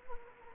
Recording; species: mosquito wingbeat signal from an infrared sensor; Anopheles gambiae